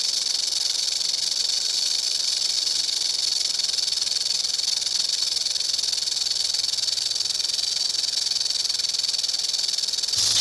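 Snake hissing: one long, unbroken, airy hiss held evenly for about ten seconds, ending with a brief change in tone at the very end.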